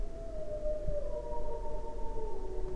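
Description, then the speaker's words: Gray wolf howling: a long, steady, slightly falling tone that sweeps gently downward, heard over a constant low rumble. "And then way off in the darkness of the night, a wolf howled."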